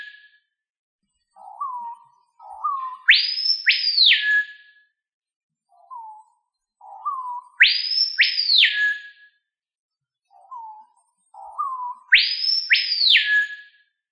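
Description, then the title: Bird calling in a repeated phrase, short low whistles leading into two bright high down-slurred notes, given three times at regular intervals of roughly four to five seconds. "LuckyPassaros CompletosSama"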